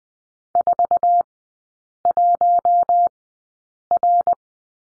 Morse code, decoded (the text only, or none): 41R